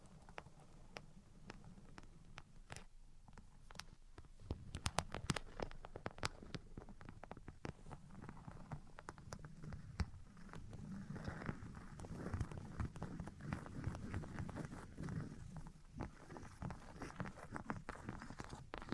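Tapping, scratching and tracing sounds fill the recording, with sharp taps scattered irregularly throughout, most densely from about five to six seconds and again near the end. Between the taps runs a low, rough scraping that thickens and brightens after ten seconds.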